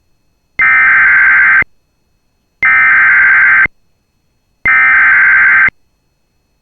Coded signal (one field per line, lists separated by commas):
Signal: Emergency Alert System (SAME) tones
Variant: header bursts